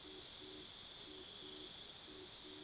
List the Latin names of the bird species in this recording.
none